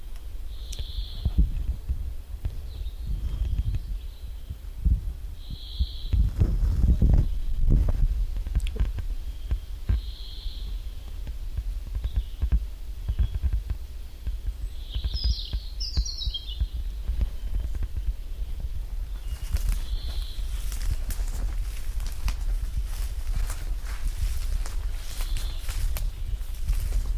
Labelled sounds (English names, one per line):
European Robin song